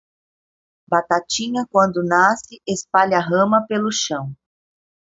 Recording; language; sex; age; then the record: short text; Brazilian Portuguese; female; 40 to 49 years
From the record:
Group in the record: control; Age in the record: 48 years